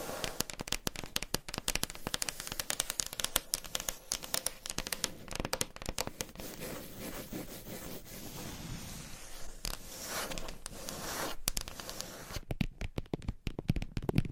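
Crisp scratching and rapid tapping, dense and irregular, with a smoother rubbing stretch midway and sharper taps near the end.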